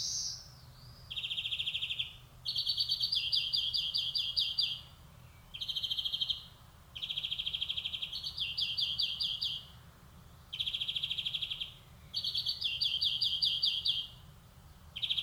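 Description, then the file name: European greenfinch delivering fast rattling trills and twittering runs, phrases in steady succession with brief pauses. "Chloris chloris"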